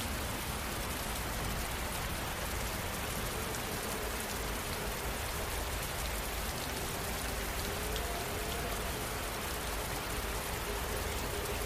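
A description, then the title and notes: Rain falls steadily on leaves, a dense, even patter that holds at the same level throughout. The hiss spreads from a low rumble up to bright, crisp drops, with faint tonal traces around the middle, possibly distant owl hoots, near eight seconds. The soothing sounds of raindrops falling gently on leaves and the gentle hoots of owls in the distance.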